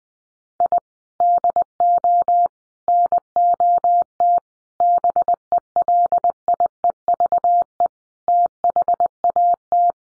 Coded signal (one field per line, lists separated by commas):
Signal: Morse code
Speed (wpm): 20 wpm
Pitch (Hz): 700 Hz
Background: none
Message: I DO NOT BELIEVE THAT